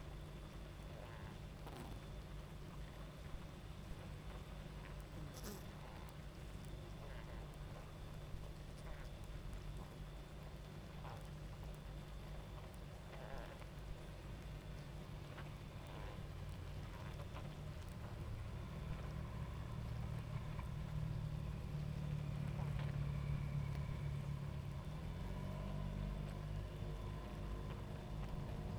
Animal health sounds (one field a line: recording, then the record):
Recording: honeybee colony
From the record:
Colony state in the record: active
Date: 28 July 2017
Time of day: 23:08